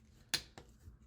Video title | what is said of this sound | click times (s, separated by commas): Conversion Conversations: Transformers Generations Legacy Evolution Prime Dreadwing | and you can hear it lock there with that | 0.3 s